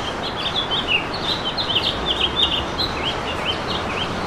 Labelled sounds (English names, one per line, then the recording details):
House Finch song
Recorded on Long Island, New York, on 11 June 2012
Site OP
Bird C